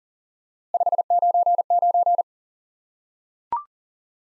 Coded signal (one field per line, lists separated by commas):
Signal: Morse code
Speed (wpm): 37 wpm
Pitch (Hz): 700 Hz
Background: none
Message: 599